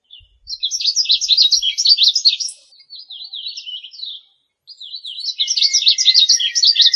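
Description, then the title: Bird song of quick, jumbled high-pitched twitters and trills, with a softer stretch of notes, a short gap, then another rapid energetic phrase. "LuckyPassaros CompletosSama"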